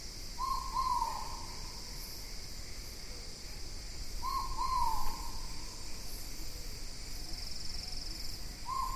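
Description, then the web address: Great pitta calling: low, soft double whistles with a slight downward slur, repeated at intervals against a constant high-pitched insect chorus. Recorded in Indonesia. "ULM-DS-Lab indonesian-bird-sounds. Pitta maxima"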